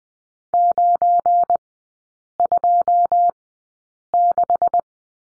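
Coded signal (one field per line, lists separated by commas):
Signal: Morse code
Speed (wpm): 20 wpm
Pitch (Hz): 700 Hz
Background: none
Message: 926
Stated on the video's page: Morse code course lesson on the number 9 in three-character groups, at Farnsworth speed of 20/10 wpm.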